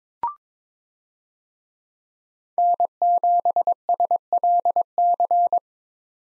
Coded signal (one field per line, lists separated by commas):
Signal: Morse code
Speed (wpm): 22 wpm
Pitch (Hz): 700 Hz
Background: none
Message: N7SLC